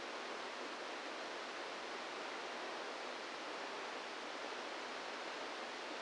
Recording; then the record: brain microelectrode recording played as sound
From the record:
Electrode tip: inside the subthalamic nucleus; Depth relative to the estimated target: -1 mm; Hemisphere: right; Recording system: NeuroSet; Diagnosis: Parkinson's disease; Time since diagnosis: 27 years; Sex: male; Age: 62 years